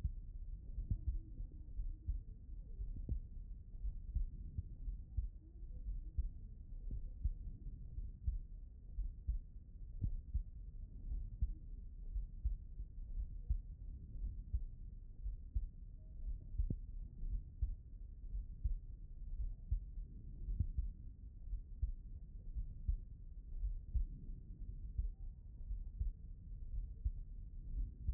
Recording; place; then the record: heart sounds by stethoscope; pulmonary valve (PV)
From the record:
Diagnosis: non-HFrEF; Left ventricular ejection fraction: 58%